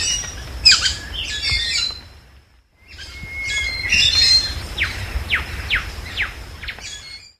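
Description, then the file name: Lorikeet screeching calls, harsh chattering bursts, a brief pause, then a longer run of shrill squawks and sharp downward-sweeping screeches. "Лори -Лорикет -Попугай -Голоса-птиц"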